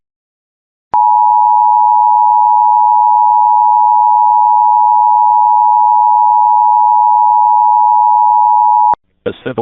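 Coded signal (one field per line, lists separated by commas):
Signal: Emergency Alert System (SAME) tones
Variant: 853 and 960 Hz attention tone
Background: speech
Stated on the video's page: Real Local Area Emergency for San Jacinto, Texas.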